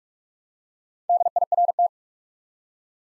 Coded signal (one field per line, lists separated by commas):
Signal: Morse code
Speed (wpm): 44 wpm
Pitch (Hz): 700 Hz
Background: none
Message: DIRT